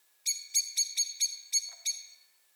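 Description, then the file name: Common blackbird calls: seven sharp, metallic chinks in an even, steady series over about two seconds. "Turdus merula"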